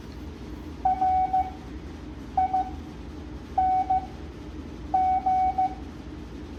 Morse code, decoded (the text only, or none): RING